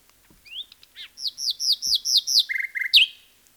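Common nightingale singing a varied phrase: a rising whistle, then a run of repeated downslurred notes, a quick run of lower notes, and a final sharp note.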